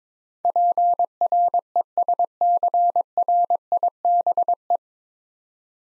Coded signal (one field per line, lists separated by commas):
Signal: Morse code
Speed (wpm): 22 wpm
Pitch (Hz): 700 Hz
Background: none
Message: PRESCRIBE